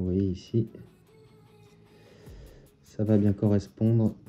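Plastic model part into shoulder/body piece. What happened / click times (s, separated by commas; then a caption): The plastic part is being handled but has not seated yet / none. A plastic model kit part, the right shoulder assembly of an Optimus Prime model, is handled and lined up with its mating shoulder/body piece while someone talks over faint background music. Nothing has seated or clicked yet; the part is not yet home when the clip ends.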